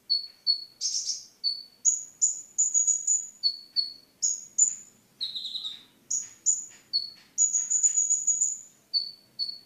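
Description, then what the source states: Oriental magpie-robin song: lively varied whistled notes and short trills, paired high chirps mixed with a lower falling note, delivered almost continuously and briskly. Singing (kicau).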